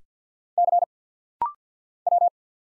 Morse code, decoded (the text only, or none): C W